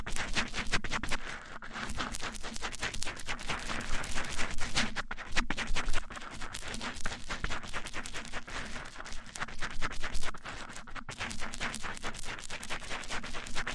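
Mic-on-mic triggers: a continuous stream of rapid scratching, tapping and rubbing with dense, crisp clicks filling the whole clip. The texture stays busy and bright, with a faint low hum underneath and brief dips near five and eleven seconds.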